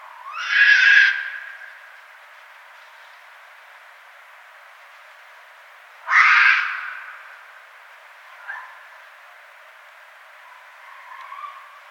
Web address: Red Fox 2012 02 06 Red Fox